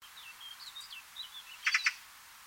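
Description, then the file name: Eurasian magpie giving a short burst of three harsh, rasping notes, preceded by thin whistled phrases. "Pica pica"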